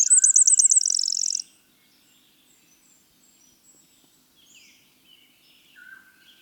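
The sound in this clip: Winter wren song: a brief ending of rapid high buzzy trills lasting about a second and a half, then quiet with faint bird notes.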